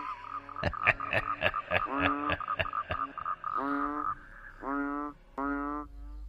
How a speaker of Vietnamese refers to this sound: Trong không gian im ắng, chỉ còn lại tiếng cười khùng khục của người kia và tiếng ếch nhái vẫn cứ râm ran ở cái đìa ngay bên cạnh nghĩa địa.